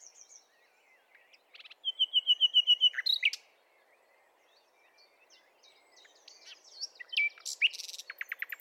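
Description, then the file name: Common nightingale singing: scattered sharp notes lead into a rapid series of even whistled pips, then a pause and a burst of mixed buzzy and clicking notes, low hiss behind. "Luscinia megarhynchos"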